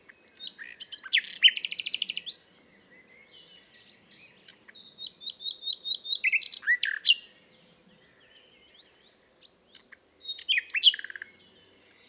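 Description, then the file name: Common nightingale singing: a loud rapid trill, then a series of repeated whistled notes, a pause, and further chirpy varied phrases. "Luscinia megarhynchos"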